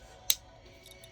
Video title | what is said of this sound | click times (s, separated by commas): Building and playing with the promotion translucent sixshot from blokees | There's our little click. | 0.3 s